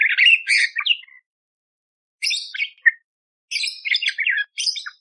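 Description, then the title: Budgerigar giving harsh, scratchy chattering chirps in three short bursts separated by short silences. Loud, clear chirping (gacor jernih) with rough 'tembakan kasar' fill phrases, used as masteran to train magpie robins (kacer). "Masteran Burung Parkit Gacor Jernih Full Isian Tembakan Kasar Cocok Buat Kacer"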